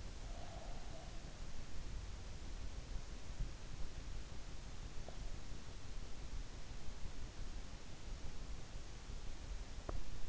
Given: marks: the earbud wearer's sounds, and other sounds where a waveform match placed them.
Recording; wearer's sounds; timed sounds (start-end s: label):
sounds in sleep by an in-ear microphone; breath, teeth grinding
0.00-1.46 s: breath
9.66-10.29 s: teeth grinding